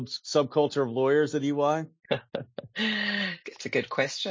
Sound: laughs